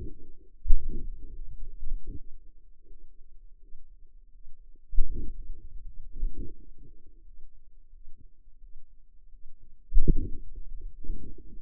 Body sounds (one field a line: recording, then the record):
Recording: forearm muscle sounds (acoustic myography)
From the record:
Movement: hand opening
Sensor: system 2, bracelet of six BSWA MPA416 microphones around the upper forearm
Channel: 3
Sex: female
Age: 23 years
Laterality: right